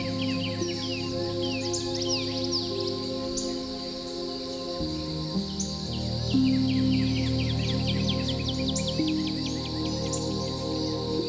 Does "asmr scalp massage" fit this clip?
no